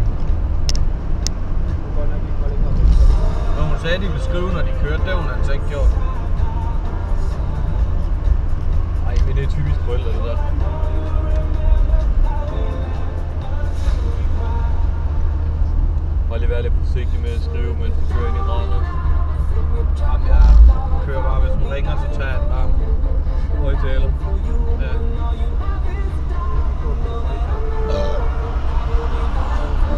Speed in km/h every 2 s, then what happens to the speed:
65, 62, 61, 61, 59, 57, 58, 56, 55, 53, 51, 51, 50, 48, 47.
0-30 slows to 47.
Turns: none.